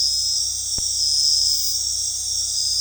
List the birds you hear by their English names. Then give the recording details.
none. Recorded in dense forest near Puerto Asís, Putumayo, Colombia, on 20 February 2024 at 23:30. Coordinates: 0.485, -76.322. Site G6406